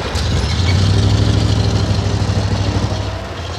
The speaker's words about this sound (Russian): Автобус едет по Бережковской набережной.